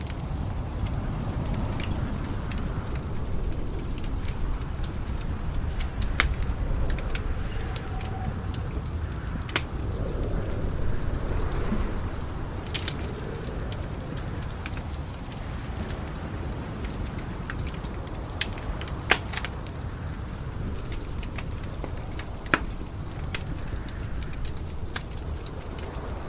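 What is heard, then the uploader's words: A crackling fire pops and snaps over a steady, low rumble of wind outside. Sharp bright crackles come irregularly, a few every second, with louder pops near 6, 10, 19 and 22 seconds. The deep roar stays even throughout. Cozy Cabin in Winter Ambience | Wind and Crackling Fire Sounds. Relax by the warmth of the crackling fire inside your cozy log cabin, a cold winter wind howls outside.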